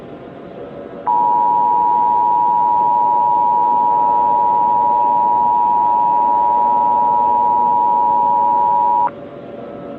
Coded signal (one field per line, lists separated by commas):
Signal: Emergency Alert System (SAME) tones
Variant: 853 and 960 Hz attention tone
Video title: EAS Scenario - Airborne Violent Virus Remastered